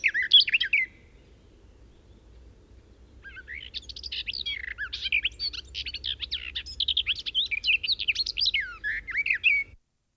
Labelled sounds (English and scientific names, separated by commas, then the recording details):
Garden Warbler (Sylvia borin) song
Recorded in the wild
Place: Eberswalde, Brandenburg, DE
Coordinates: 52.837, 13.788
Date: 1972-06-08
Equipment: Nagra III BH, Sennheiser MD 21, parabola
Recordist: Schubert, Michael